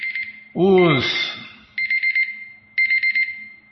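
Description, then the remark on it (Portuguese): A timer alarm rings in repeated bursts of rapid, high-pitched electronic beeps, each group of four or five beeps separated by short pauses, with a brief spoken voice cutting in early on. “Agora também esse alarme para ajudar é hoje, hein, Bima? Ah, temporizador, tá, o temporizador.”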